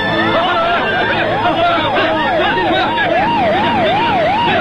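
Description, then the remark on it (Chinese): Sirens of many police cars wail at once, their rising and falling tones overlapping in a steady, looping pattern, with a dense bed of crowd chatter and traffic noise underneath. “大哥，警察越来越多。”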